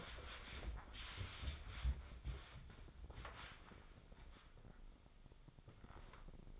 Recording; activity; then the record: daily activity, microphone in the room; wipe stove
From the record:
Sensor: 5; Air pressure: 996.2 hPa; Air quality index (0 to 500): 97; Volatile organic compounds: 6 ppm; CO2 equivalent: 1864 ppm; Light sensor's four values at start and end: 32/73/31/34 and 34/81/33/35